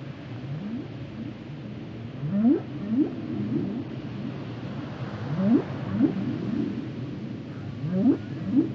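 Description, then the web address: Whale song: groups of short, fairly soft rising whoops return about every three seconds against a continuous low background hum. "Whale Songs Whales and Dolphins - whale nature sounds songs"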